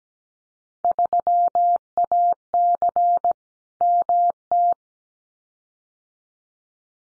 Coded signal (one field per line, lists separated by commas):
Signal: Morse code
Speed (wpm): 17 wpm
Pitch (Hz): 700 Hz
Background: none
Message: 3AC MT